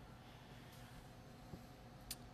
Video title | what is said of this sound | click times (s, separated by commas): Prima Coffee on Periscope: Pulling shots with the Baratza Sette 270 | and lock it right in this layer I think the Slayer portafilter | 2.1 s